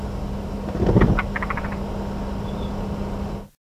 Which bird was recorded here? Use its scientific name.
Monticola solitarius